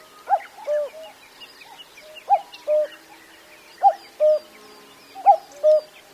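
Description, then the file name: Common cuckoo calling its two-note cu-coo, the first note higher, repeated about every one and a half seconds, with other small birds chirping in the background. "kakko"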